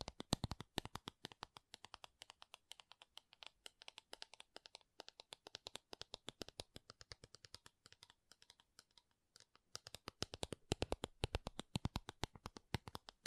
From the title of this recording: MAKEUP TAPPING & SCRATCHING